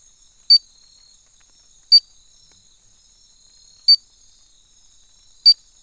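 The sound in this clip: Stumpffia mamitika: frog call: four short, sharp high beeps, spaced roughly one and a half to two seconds apart, over a faint steady high-pitched whine.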